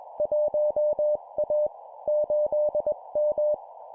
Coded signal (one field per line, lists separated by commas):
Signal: Morse code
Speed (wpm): 21 wpm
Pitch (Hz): 600 Hz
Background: none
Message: 1A 8M